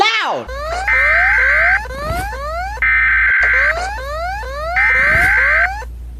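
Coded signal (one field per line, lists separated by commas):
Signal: Emergency Alert System (SAME) tones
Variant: header bursts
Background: speech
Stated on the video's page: EAS alarm sounds from many countries in a compilation.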